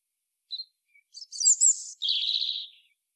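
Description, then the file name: European robin: a lone thin note and a few brief chips, then a rich high warble running into a rapid buzzy trill. "Erithacus rubecula"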